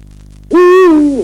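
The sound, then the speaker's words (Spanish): A single loud, deep hoot from a Eurasian eagle-owl perched on a gypsum rock at night in a steppe ravine, the Barranco del Montañés, swelling slightly in pitch then sagging as it fades, preceded by a faint steady low hum. “Lo que hemos escuchado también es el rey de la noche Esteparia, que es el búho real.”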